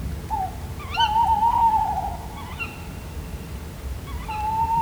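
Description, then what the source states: Tawny owl hooting: a sustained, slightly wavering whistled note lasting about one and a half seconds, then brief rising notes and another drawn-out note, over low rumbling background noise. Two tawny owls recorded in the wild at Vizhaz, Hungary, in 2015 with a cardioid microphone.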